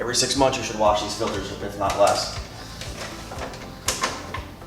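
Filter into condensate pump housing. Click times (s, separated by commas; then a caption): 3.9 s. A washable filter is slid back into the housing of a condensate pump while someone talks. A sharp snap at 3.8 s marks the filter seating into place, and it is confirmed seated.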